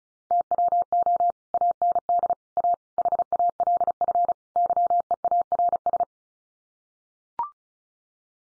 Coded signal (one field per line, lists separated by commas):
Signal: Morse code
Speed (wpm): 34 wpm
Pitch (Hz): 700 Hz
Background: none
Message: TWO AND A HALF YEARS